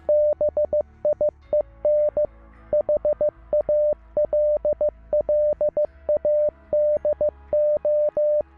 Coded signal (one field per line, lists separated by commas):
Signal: Morse code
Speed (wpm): 15 wpm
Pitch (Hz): 600 Hz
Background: music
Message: BIEN HALLADO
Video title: Historia de la ciencia 2.0 | El código Morse